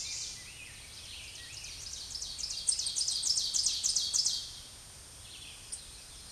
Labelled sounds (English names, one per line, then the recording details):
Ovenbird song
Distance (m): 20 m
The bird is about 10 m above the microphone
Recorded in a Pennsylvania forest on 16 May 2024 at 07:15
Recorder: AudioMoth, point MSD-2083
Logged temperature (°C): 16.7 °C
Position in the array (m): 145 m, 3 m